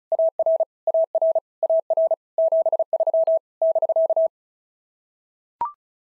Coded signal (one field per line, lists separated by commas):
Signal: Morse code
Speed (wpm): 36 wpm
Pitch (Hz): 650 Hz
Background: none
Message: AR AR AR 73 <BK>